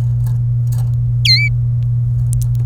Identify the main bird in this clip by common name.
Domestic Canary